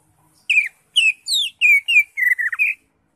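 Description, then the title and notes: Greater Green Leafbird song: seven or eight quick, sweet whistled notes, mostly falling slurs, delivered in a brisk burst with short gaps. Recording intended as a master for training caged birds. "Suara Burung Cucak Ijo. mantap buat masteran burung cak ijo"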